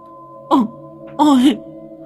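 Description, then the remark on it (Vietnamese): Two loud wailing cries of a mourner weeping for a dead man burst out over a steady low hum, the first short and falling, the second longer and quavering before it trails off. “Giữa lúc tôi đang miên man như vậy thì ré lên cái tiếng khóc.”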